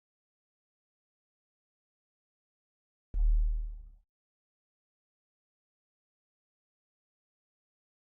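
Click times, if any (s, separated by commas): none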